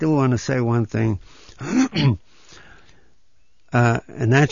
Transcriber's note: he clears his throat